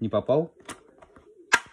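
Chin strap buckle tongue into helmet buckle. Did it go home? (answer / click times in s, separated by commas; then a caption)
yes / 1.5 s. Someone talks while pushing the chin strap buckle tongue into the buckle of a Salyut motorcycle helmet. On the retry the buckle snaps shut at 1.5 s with a very loud click, loud enough to make the ears ring, and the strap is seated.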